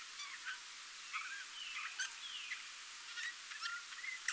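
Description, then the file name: Eurasian bullfinch calls: soft whistled notes, some sliding downward, given at irregular intervals amid short clicking sounds and steady background hiss. "Pyrrhula pyrrhula"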